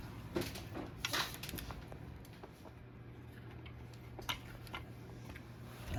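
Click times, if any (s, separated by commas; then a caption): none. A caster wheel stem is pressed into a socket on the plastic base of an IKEA MILLBERGET office chair, with short scraping and knocking handling sounds, the sharpest bursts near 1.1 s and 1.6 s. The wheel feels like it is going in, but nothing has clicked or seated audibly yet.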